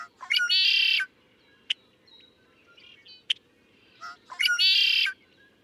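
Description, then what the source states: Adélie Penguin harsh squawking calls, two loud grating bursts about four seconds apart, with scattered short chirps between them. Nesting colony; nests built on mounds of stones against flooding; partners exchange stone gifts; stones are stolen and fiercely guarded, leading to skirmishes.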